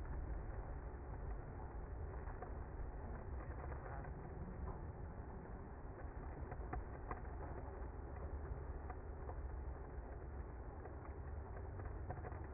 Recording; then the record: honeybee colony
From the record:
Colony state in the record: active